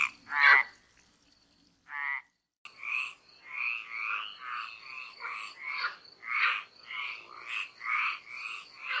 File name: Grenouille rieuse